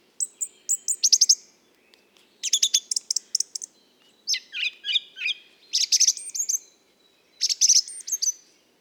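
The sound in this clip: Mistle thrush song: short bursts of high squeaky, chattering notes in separate phrases about a second long, with brief pauses between them.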